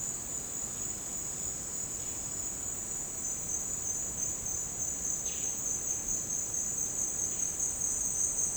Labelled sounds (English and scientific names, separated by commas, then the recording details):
none
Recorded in dense forest near Puerto Asís, Putumayo, Colombia, on 24 June 2025 at 10:00
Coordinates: 0.499, -76.324
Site G100